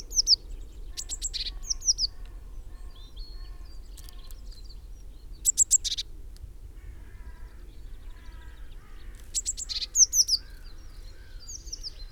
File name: Cyanistes caeruleus